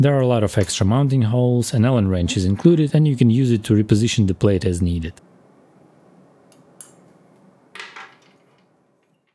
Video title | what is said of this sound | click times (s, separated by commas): V-Mount Power for LUMIX - Neewer PS050E Battery - Panasonic DCC18 | The battery fits into place with a very satisfying snap. | 6.8 s